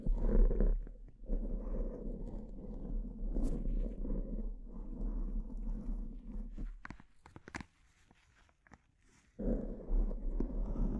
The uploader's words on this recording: ASMR S E N S I T I V E Brain Scratch (No Talking).